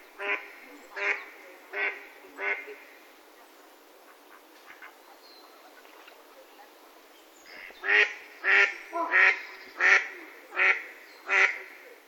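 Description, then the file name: Mallard quacking in two bouts: four harsh, nasal quacks, a pause with faint calls, then a run of six loud quacks near the end. "magamo"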